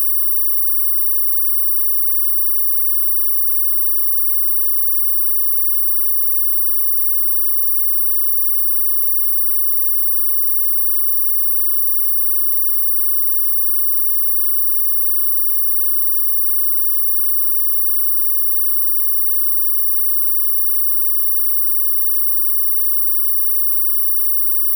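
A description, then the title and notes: A pure sine tone mix at 15000 Hz and 19000 Hz holds perfectly steady for the whole clip, very high and piercing, with no change in pitch or loudness. Fainter steady whistling tones sit below it, over a soft low hum. 15000Hz+19000Hz Sine wave. This sound is made up of the original sound and the semitone +3 & -3...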